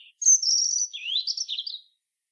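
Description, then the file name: European robin singing a sweet high phrase that starts with a sharp whistle, drifts lower, then turns into a rising note and tumbling warbles. "Erithacus rubecula"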